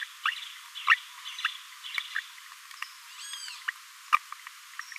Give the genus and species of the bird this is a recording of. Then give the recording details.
Forpus passerinus. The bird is a male. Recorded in a nest box in Venezuela. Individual 17B42A3